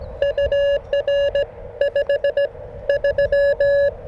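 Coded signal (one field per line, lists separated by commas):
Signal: Morse code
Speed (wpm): 21 wpm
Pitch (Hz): 560 Hz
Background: none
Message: UR 5 3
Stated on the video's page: Morse from a modded QMX+ transceiver during a POTA park activation.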